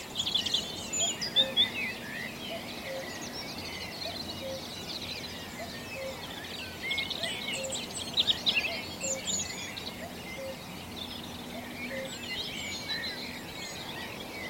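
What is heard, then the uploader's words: A dense dawn chorus of robins, blackbirds, blackcaps and thrushes, many voices overlapping in bright, busy song with no pauses. Louder phrases burst out around the second and eighth to ninth seconds, while a faint low hum runs steadily underneath. The stunning dawn chorus at Knepp Wildlands. It's early and you're sitting outside a small tent deep the Knepp Wildlands of Sussex. A pre-dawn glow smudges the eastern sky. Like a spring storm torrent, the blended voices of robins, blackbirds, blackcaps and thrushes wash away the woodsmoke tang of last night's campfires.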